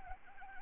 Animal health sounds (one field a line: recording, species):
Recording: mosquito wingbeat signal from an infrared sensor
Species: Anopheles arabiensis